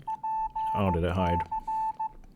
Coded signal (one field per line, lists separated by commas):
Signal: Morse code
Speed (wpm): 15 wpm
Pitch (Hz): 880 Hz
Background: speech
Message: PC